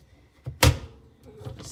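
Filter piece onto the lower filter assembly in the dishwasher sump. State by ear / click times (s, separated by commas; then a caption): seated / 0.6 s. The upper filter piece of a Frigidaire Gallery dishwasher is slid down on top of the lower filter assembly in the sump until it catches on two small brackets. A soft knock at about 0.5 s is followed by one sharp, loud snap at 0.6 s that rings down over the next few tenths of a second, with faint handling sounds afterward. The filter snaps on and is seated.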